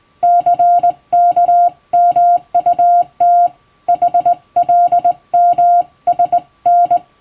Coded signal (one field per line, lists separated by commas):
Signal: Morse code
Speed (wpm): 20 wpm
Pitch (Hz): 700 Hz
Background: music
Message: CKMUT HLMSN